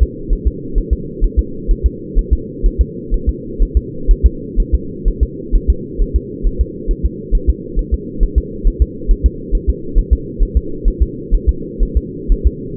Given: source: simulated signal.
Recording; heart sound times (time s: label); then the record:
fetal heart sounds
0.03 s: S2
0.33 s: S1
0.48 s: S2
0.78 s: S1
0.93 s: S2
1.24 s: S1
1.39 s: S2
1.71 s: S1
1.86 s: S2
2.19 s: S1
2.33 s: S2
2.66 s: S1
2.81 s: S2
3.14 s: S1
3.29 s: S2
3.62 s: S1
3.77 s: S2
4.11 s: S1
4.26 s: S2
4.60 s: S1
4.75 s: S2
5.08 s: S1
5.23 s: S2
5.56 s: S1
5.70 s: S2
6.02 s: S1
6.16 s: S2
6.47 s: S1
6.61 s: S2
6.91 s: S1
7.06 s: S2
7.35 s: S1
7.50 s: S2
7.79 s: S1
7.94 s: S2
8.23 s: S1
8.38 s: S2
8.67 s: S1
8.82 s: S2
9.11 s: S1
9.26 s: S2
9.55 s: S1
9.70 s: S2
9.99 s: S1
10.13 s: S2
10.43 s: S1
10.57 s: S2
10.88 s: S1
11.03 s: S2
11.34 s: S1
11.49 s: S2
11.83 s: S1
11.97 s: S2
12.32 s: S1
12.47 s: S2
From the record:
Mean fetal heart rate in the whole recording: 130 bpm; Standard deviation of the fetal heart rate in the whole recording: 4 bpm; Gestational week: 38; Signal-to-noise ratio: -4.3 dB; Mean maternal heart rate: 72 bpm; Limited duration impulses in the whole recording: absent